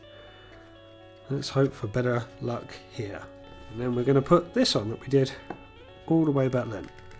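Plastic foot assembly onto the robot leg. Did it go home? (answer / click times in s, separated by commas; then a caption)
no / none. A pre-built plastic foot assembly is being handled to be pushed onto the leg of a block-built Blokees Action Edition G1 Megatron robot figure while someone talks over faint background music. The clip ends just before the foot goes home, so nothing has seated or clicked yet.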